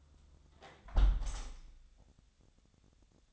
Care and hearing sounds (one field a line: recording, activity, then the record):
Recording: daily activity, microphone in the room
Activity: close window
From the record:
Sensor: 3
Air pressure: 1014.8 hPa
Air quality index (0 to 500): 74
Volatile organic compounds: 2 ppm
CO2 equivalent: 1001 ppm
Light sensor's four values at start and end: 10/23/9/9 and 9/22/9/9